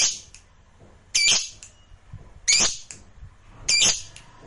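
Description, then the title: Lovebird giving harsh, piercing squawks in three loud bursts about a second apart, with quieter chattering notes between them. Fighter lovebird singing energetically (gacor). "SUARA Lovebird FIGHTER GACOR"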